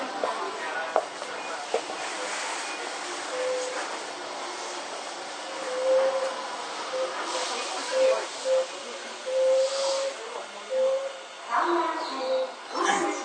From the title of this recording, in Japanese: 都営5300形 押上ー五反田